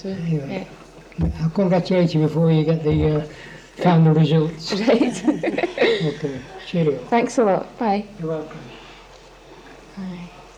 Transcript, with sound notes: Yeah.
I'll congratulate you before you get the eh kind of results.
Right. [laughs]
Okay. Cheerio.
Thanks a lot. Bye.
You're welcome.
Aye.